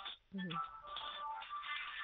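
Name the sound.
telephone ringing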